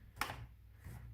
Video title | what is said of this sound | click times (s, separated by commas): Step by step how to replace cooling paste for HP Omen 17 laptop (and similar) | you hear a little click | 0.2 s